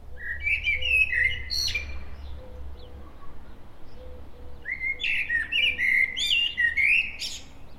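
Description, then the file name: Common blackbird: two separate song phrases, each a fluty warble finishing in squeaky high notes, divided by a pause with a faint repeated low tone. "Turdus merula"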